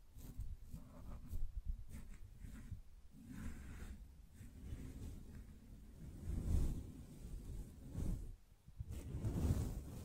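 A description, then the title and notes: Gentle brushing strokes rub and rustle in an uneven rhythm, each swipe carrying a soft, muffled low rumble with a faint hiss on top. Brief lulls fall near three and nine seconds, and the strokes swell heavier around six and a half seconds and again at the end. ASMR Gently Brushing Your Brain (No Talking).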